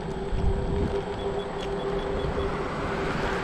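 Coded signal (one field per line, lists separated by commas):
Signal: none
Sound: scooter's warning beeps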